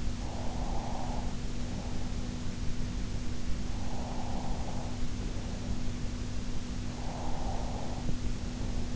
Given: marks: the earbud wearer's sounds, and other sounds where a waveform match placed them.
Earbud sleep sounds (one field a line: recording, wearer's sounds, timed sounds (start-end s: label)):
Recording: sounds in sleep by an in-ear microphone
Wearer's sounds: breath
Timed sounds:
0.22-2.35 s: breath
3.73-5.87 s: breath
6.90-8.96 s: breath